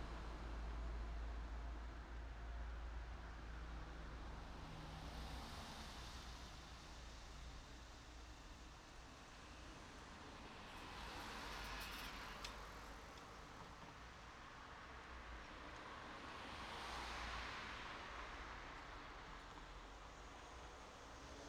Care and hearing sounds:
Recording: everyday scene through a hearing-aid microphone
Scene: in traffic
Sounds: traffic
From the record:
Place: city secondary road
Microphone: in the ear canal, right

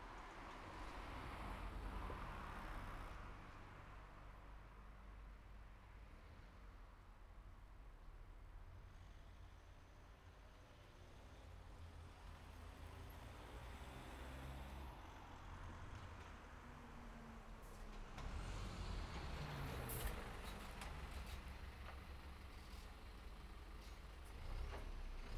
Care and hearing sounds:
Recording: everyday scene through a hearing-aid microphone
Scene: in traffic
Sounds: traffic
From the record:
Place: city secondary road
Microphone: behind the ear, right, rear

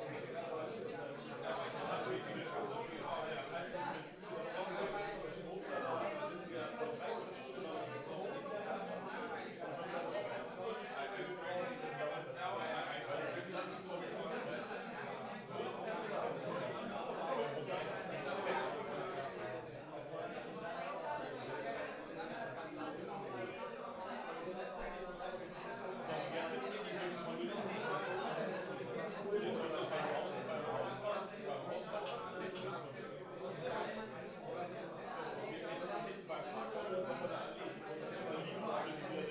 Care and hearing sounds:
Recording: everyday scene through a hearing-aid microphone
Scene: many people talking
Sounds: many voices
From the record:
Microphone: behind the ear, left, rear

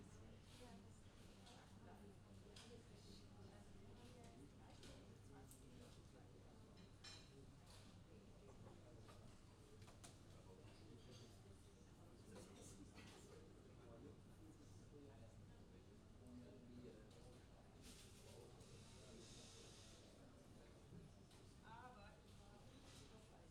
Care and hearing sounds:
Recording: everyday scene through a hearing-aid microphone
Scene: many people talking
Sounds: many voices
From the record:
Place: university cafeteria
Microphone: in the ear canal, left

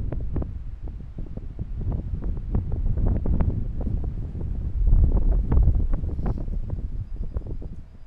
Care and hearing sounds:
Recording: everyday scene through a hearing-aid microphone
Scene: wind on the microphone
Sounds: squally wind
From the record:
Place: parking lot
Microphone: behind the ear, left, rear

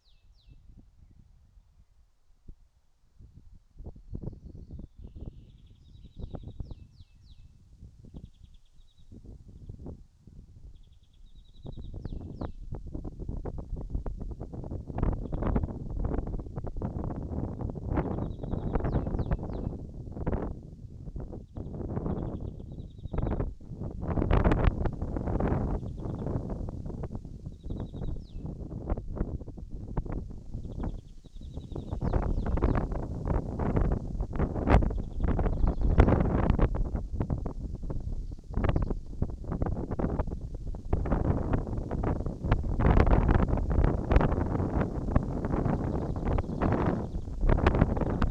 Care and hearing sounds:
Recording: everyday scene through a hearing-aid microphone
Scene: wind on the microphone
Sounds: wind, birds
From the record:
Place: in front of a rural house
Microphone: in the ear canal, right

